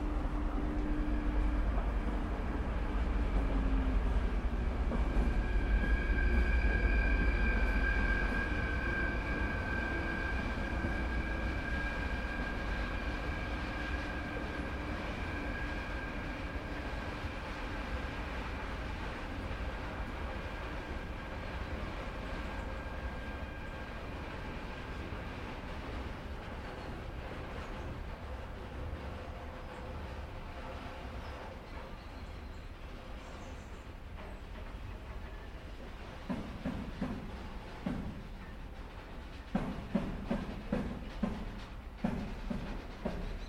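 An old-fashioned locomotive rumbles past, loudest in the first ten seconds, with a steady low roar and a pair of high whining tones that slowly fade. The sound thins out midway, then sharp rhythmic clanks and clatters break in near the end.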